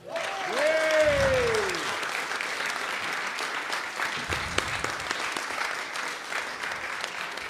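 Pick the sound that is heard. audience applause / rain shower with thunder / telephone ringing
audience applause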